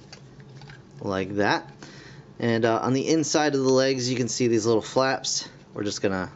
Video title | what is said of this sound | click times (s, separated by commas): POWER OF THE PRIMES STARSCREAM | those are just gonna very gently click into place like that | 0.1 s